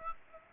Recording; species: mosquito wingbeat signal from an infrared sensor; Aedes aegypti